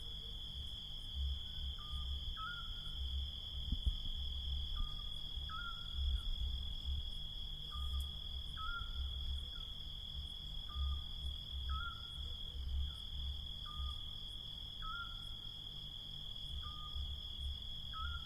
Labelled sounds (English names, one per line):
Eurasian Scops Owl